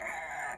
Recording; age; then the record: pig call; piglet (1 to 25 days)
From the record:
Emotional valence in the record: negative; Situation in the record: castration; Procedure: castration, fixation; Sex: male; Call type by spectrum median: low-frequency call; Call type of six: low-frequency tonal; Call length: 0.58 s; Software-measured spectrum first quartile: 782 Hz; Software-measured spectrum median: 1446 Hz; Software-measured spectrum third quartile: 2075 Hz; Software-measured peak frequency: 734 Hz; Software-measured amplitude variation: 103 dB a second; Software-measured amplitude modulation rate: 27.5 a second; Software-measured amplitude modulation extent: 3.7 dB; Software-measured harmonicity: 2.6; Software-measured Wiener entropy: -1.13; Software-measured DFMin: 799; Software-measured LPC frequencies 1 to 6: 776, 1729, 2143, 3861, 5666, 7134 Hz